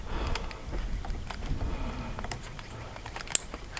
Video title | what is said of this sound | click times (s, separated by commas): Installing Oracle Lighting OCULUS BI-LED Projector Headlights for Jeep Wrangler JL/ Gladiator JT | and there you hear the click for the factory harness | 3.4 s